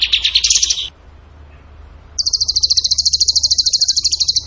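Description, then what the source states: Bird song: a short jumbled burst of high notes, a pause, then a long, even, fast trill of sharp repeated notes. Masteran (training recording) of bird song in the tembakan gacor style.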